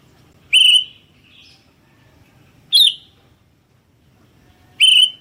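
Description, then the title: Sooty-headed bulbul calls: three clear, ringing notes roughly every two seconds, a small softer note after the first. "kutilang"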